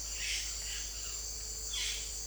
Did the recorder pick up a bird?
yes